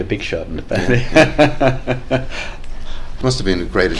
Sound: laughs